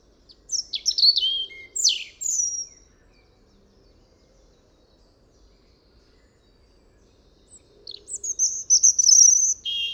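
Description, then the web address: European robin song: two bursts of high, thin, tumbling warbled notes, varied and jittery, separated by about five seconds of near silence. "SETE data Erithacus rubecula"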